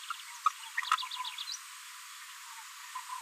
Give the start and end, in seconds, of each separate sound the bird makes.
2.96-3.00